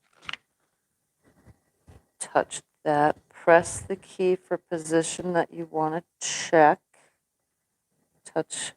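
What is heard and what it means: A hooped plastic embroidery frame is pushed onto the embroidery arm of a Brother Persona PRS100 embroidery machine and seats with a sharp double snap at 0.3 s and 0.3 s. After a pause, someone talks for the rest of the clip, with faint taps in the quiet gaps.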